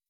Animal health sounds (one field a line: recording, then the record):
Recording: hydrophone in a shrimp aquaculture tank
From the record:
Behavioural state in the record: weakened